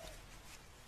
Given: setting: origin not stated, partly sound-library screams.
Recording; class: one-second piece from a danger detection set; normal situation